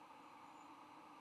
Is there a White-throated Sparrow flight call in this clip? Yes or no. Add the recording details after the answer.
no. No flight call is heard. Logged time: 23:18 on 16 November 2014